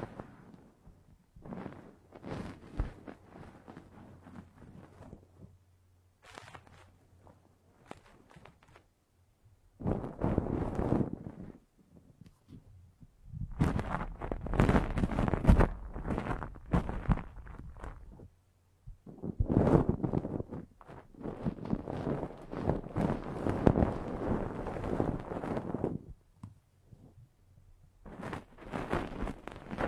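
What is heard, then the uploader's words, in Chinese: Ear cleaning in 8D, with sound moving around the listener. Dense crackly scraping and rustling comes in bursts of a few seconds, the heaviest near 10, 14–18 and 20–26 seconds. Short silent gaps separate the bursts, and a low hum runs underneath in the first half. 8D掏耳朵！360° 环绕触发。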